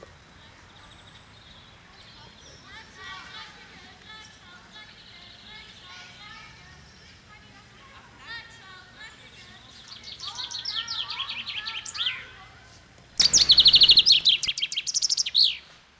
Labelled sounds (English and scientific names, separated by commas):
Common Chaffinch (Fringilla coelebs) song